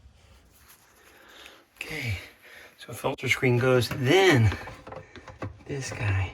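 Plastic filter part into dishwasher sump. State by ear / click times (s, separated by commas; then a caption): not seated / none. During reassembly of a Samsung DMT800RHS dishwasher under repair for its grinder blade and sprayers not working, the filter screen goes in and a plastic filter part is handled over the dishwasher sump while someone talks. A few light handling knocks and taps are heard, but nothing has seated or clicked yet, and the part has not locked in.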